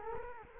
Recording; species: mosquito wingbeat signal from an infrared sensor; Culex quinquefasciatus